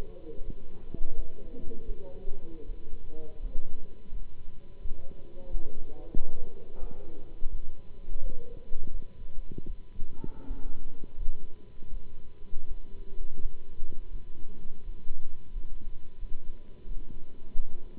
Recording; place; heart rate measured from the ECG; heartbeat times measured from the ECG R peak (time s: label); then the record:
heart sounds by stethoscope; between the tricuspid and mitral areas; 84 bpm
0.44 s: heartbeat
1.15 s: heartbeat
1.85 s: heartbeat
2.65 s: heartbeat
3.40 s: heartbeat
4.11 s: heartbeat
4.81 s: heartbeat
5.48 s: heartbeat
6.14 s: heartbeat
6.79 s: heartbeat
7.49 s: heartbeat
8.21 s: heartbeat
8.90 s: heartbeat
9.65 s: heartbeat
10.46 s: heartbeat
11.17 s: heartbeat
11.89 s: heartbeat
12.67 s: heartbeat
13.39 s: heartbeat
14.09 s: heartbeat
14.83 s: heartbeat
15.51 s: heartbeat
16.18 s: heartbeat
16.85 s: heartbeat
17.55 s: heartbeat
From the record:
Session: Bruce protocol treadmill stress test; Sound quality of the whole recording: good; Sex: male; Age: 26 years